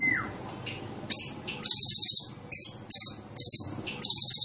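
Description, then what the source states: White-rumped shama singing a varied string: a falling whistle, sharp upslurred notes and several bursts of high, buzzy rapid notes. Champion white-rumped shama; masteran, a training recording for songbirds to learn from.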